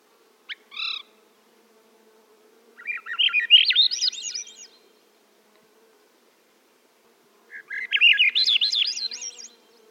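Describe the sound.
Swainson's thrush singing two breezy phrases that spiral upward in pitch, about five seconds apart, after a couple of brief sounds near the start.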